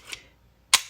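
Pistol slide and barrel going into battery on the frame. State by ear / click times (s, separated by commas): seated / 0.8 s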